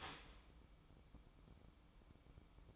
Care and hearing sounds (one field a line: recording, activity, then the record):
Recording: daily activity, microphone in the room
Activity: start toaster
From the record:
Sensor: 1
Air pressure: 1007.1 hPa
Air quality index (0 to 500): 73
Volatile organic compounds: 1 ppm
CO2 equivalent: 653 ppm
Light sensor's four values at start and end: 8/20/8/9 and 8/20/8/9